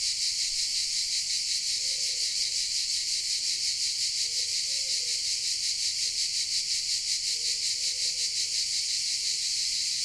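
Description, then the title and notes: Cicadas droning in a high, throbbing chorus; faint low calls sound briefly in the background. Recorded in shade of pine trees in the park of the Certosa di Padula, Italy; mainly cicadas with crows also present; Zoom H6 with MS capsule. "Cicale nel parco della Certosa. Registrazione all'ombra dei pini nel parco della Certosa di Padula. Principalmente biofonie prodotte da cicale e corvi"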